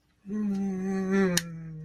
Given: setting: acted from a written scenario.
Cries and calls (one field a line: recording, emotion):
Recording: vocal sound without words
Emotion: pride